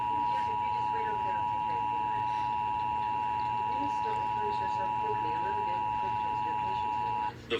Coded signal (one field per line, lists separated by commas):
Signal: Emergency Alert System (SAME) tones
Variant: 853 and 960 Hz attention tone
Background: speech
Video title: I Got A EAS Alert